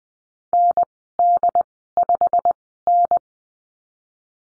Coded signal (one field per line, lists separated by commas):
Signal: Morse code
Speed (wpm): 20 wpm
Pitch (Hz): 700 Hz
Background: none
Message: ND5N